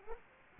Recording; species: mosquito wingbeat signal from an infrared sensor; Culex quinquefasciatus